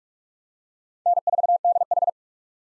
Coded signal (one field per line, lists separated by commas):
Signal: Morse code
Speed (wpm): 46 wpm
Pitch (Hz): 700 Hz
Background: none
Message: N4DH